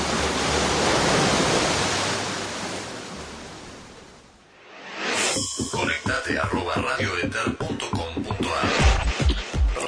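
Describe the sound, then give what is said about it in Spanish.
Ocean waves crash against rocks in a loud, steady roar that swells and then fades to a brief lull, followed by choppy bursts of splashing water. “Playa Salvaje, donde las rocas golpean al mar.”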